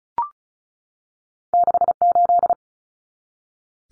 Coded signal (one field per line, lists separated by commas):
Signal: Morse code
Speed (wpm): 34 wpm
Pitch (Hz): 700 Hz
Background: none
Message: 68